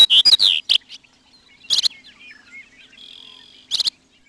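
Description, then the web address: Chestnut-collared Longspur song, a quick burst of sweet slurred descending notes, then two brief loud chip-like bursts, with faint twittering between. "Peterson North American Birds"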